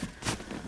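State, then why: Seated. A plastic trim insert is pressed back into a Sequoia center console, into the spot where the DVD player sits, during a cup holder insert replacement. A broadband rustle around 0.3 s is followed by a short snap at 0.5 s as the insert seats in place.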